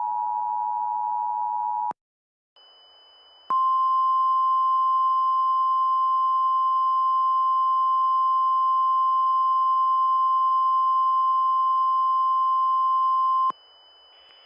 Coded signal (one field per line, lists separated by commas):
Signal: Emergency Alert System (SAME) tones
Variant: 853 and 960 Hz attention tone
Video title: EAS Interrupts Kirby AirRiders (Christmas Special)